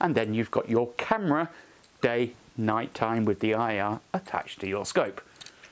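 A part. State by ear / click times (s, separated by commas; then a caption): released / 5.5 s. Someone talks while a OneLeaf RapidFire day/night night vision camera unit with IR sits on a quick-release adapter mounted on a rifle scope. A small click sounds at 5.5 s as the unit is released and comes off the mount, leaving the adapter on the scope.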